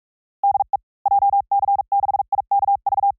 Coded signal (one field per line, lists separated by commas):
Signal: Morse code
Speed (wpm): 44 wpm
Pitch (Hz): 810 Hz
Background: none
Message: DE JC6IKV